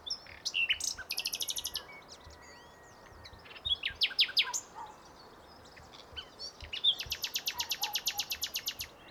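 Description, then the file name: Common nightingale song: several phrases of fast, machine-gun-like repeated high notes, separated by chirps and brief pauses, over a steady hiss. "Luscinia megarhynchos"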